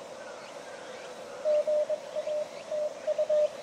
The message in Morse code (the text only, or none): GA TU